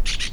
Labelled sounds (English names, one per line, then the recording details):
Brown-throated Parakeet contact call
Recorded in La Tortuga
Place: Isla La Tortuga
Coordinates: 10.925, -65.258